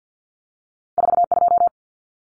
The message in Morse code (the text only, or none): 42